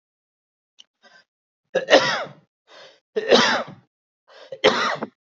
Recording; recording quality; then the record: heavy voluntary cough; excellent, no background noise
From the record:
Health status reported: healthy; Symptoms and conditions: hypertension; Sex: male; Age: 43 years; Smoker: not ticked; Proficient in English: yes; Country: India